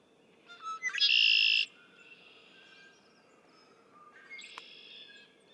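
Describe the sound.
Red-winged blackbird singing: quick clipped notes lead into a loud, harsh buzzing trill about half a second long, followed by softer buzzy notes.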